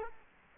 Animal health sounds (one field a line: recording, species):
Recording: mosquito wingbeat signal from an infrared sensor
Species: Culex quinquefasciatus